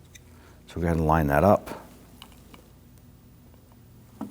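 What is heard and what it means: A plastic cap with pinch tabs is lined up on the horizontal post of a front wiper blade adapter for a 2010–2019 Ford Taurus, before it is pressed down. Someone talks briefly, and faint handling ticks are heard around 0.2, 2.2, 2.5 and 4.2 seconds. Nothing has clicked or seated yet.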